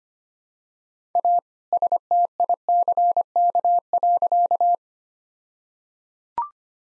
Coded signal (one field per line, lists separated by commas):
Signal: Morse code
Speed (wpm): 25 wpm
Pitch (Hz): 700 Hz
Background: none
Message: A STICK.